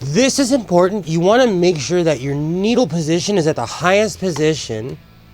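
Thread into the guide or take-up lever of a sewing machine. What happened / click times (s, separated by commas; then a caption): Handled, not yet home: no seating click is heard while the thread is set up / none. Thread is being handled for the guide or take-up lever of a Singer sewing machine with a metal and plastic body, with the needle at its highest position. Someone talks throughout, and the sound drops to near silence in the last half second. Nothing has seated or clicked yet.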